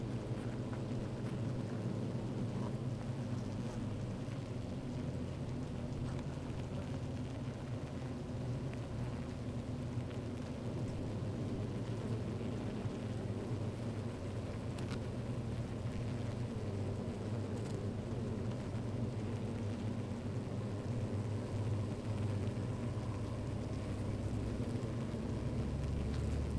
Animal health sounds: honeybee colony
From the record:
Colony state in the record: active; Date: 28 July 2017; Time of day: 13:00

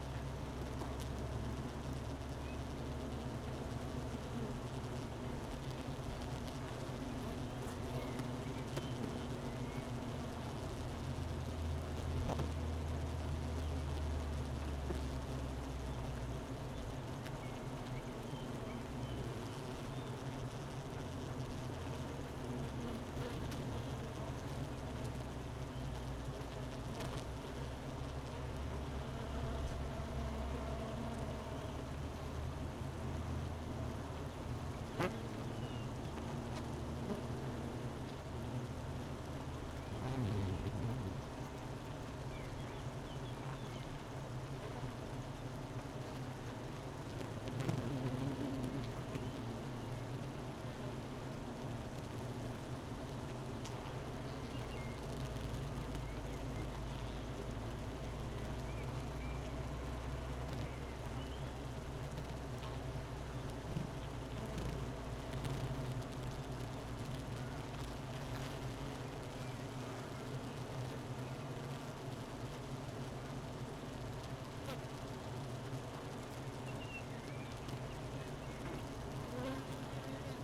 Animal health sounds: honeybee colony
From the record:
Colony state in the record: missing queen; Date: 31 May 2018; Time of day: 12:01

